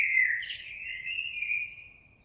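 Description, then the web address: Common blackbird fragment: a single drawn-out fluty warble with a brief high squeak, fading away over two seconds. Recorded on 26 April 2022. "oiseaux Merle 2022 04 26"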